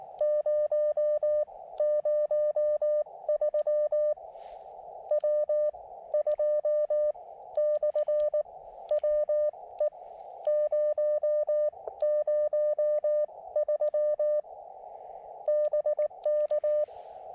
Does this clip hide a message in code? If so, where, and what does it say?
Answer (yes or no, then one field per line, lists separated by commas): yes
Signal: Morse code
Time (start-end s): 0.2-16.8 s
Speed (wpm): 19 wpm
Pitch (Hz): 600 Hz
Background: none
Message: 003 W2/WE003 BK